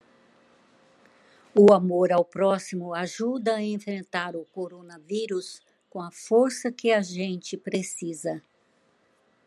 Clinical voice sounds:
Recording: spoken sentence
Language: Brazilian Portuguese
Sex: female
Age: 70 to 79 years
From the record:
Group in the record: control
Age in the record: 75 years

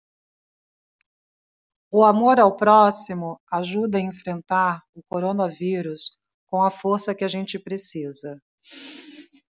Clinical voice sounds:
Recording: spoken sentence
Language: Brazilian Portuguese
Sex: female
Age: 50 to 59 years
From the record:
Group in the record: control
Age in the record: 52 years

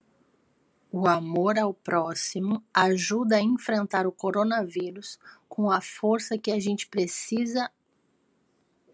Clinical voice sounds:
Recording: spoken sentence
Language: Brazilian Portuguese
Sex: female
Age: 40 to 49 years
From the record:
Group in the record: control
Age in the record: 40 years

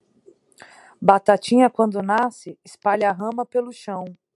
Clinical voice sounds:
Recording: short text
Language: Brazilian Portuguese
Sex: female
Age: 30 to 39 years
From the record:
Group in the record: control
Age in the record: 36 years

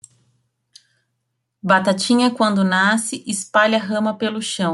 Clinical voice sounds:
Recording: short text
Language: Brazilian Portuguese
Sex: female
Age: 30 to 39 years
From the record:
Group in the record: control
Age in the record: 32 years

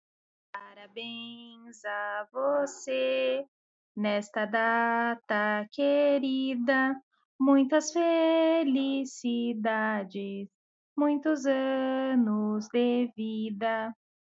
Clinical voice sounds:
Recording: short text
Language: Brazilian Portuguese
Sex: female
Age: 20 to 29 years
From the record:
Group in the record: control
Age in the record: 28 years

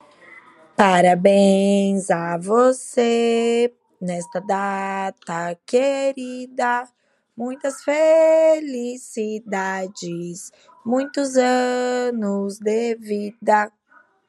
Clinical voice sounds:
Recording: short text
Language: Brazilian Portuguese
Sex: female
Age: 30 to 39 years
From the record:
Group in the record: control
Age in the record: 35 years

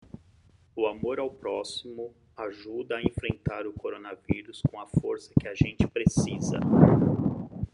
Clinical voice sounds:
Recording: spoken sentence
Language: Brazilian Portuguese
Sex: male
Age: 40 to 49 years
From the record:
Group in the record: control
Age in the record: 48 years

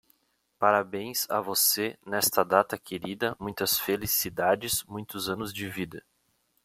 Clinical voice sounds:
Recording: short text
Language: Brazilian Portuguese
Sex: male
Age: 30 to 39 years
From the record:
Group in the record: control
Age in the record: 32 years

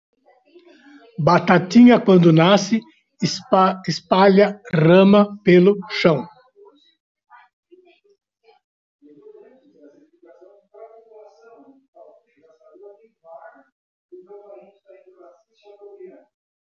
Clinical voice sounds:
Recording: short text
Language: Brazilian Portuguese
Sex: male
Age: 60 to 69 years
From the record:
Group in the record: control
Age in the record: 67 years

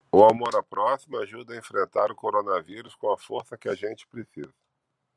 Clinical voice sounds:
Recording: spoken sentence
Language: Brazilian Portuguese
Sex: male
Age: 40 to 49 years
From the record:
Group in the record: control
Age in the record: 46 years

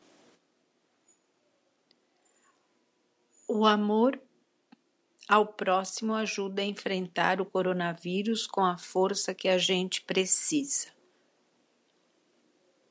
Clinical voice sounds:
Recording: spoken sentence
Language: Brazilian Portuguese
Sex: female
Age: 70 to 79 years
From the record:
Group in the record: control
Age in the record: 70 years

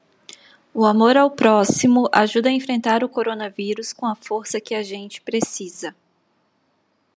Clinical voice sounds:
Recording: spoken sentence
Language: Brazilian Portuguese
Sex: female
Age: 30 to 39 years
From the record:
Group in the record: control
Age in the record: 30 years

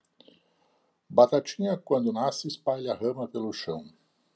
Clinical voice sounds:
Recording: short text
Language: Brazilian Portuguese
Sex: male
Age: 60 to 69 years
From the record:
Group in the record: control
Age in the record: 67 years

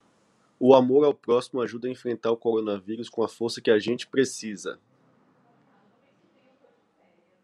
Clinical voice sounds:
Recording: spoken sentence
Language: Brazilian Portuguese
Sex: male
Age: 20 to 29 years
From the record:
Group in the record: control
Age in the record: 29 years

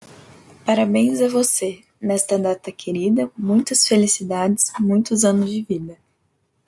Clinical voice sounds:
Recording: short text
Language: Brazilian Portuguese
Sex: female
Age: 20 to 29 years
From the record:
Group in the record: control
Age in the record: 23 years

